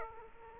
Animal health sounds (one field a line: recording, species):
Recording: mosquito wingbeat signal from an infrared sensor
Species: Aedes aegypti